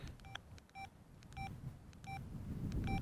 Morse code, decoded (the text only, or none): none